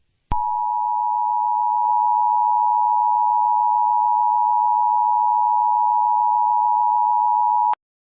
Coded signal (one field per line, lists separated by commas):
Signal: Emergency Alert System (SAME) tones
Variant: 853 and 960 Hz attention tone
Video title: Hostile Invasion | EAS Scenario